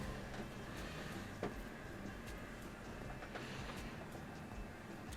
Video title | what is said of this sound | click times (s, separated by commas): Elevate Your Gaming: Asus 4060 Ti & 32gb RAM Upgrade - Ryzen 5900x Gigabyte GA-AX370-Gaming K7 AM4. | and then push it down gently and wait for the click on the retention clip | 1.4 s